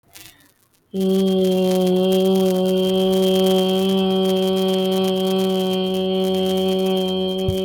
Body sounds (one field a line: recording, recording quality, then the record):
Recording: sustained vowel as in made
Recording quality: excellent, no background noise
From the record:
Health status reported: healthy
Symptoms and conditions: none ticked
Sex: female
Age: 30 years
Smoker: not ticked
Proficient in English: yes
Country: India